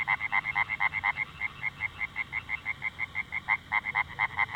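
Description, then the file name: Oriental tree frog producing short croaks repeated quickly but somewhat unevenly, with small gaps between bursts. "Hyla orientalis"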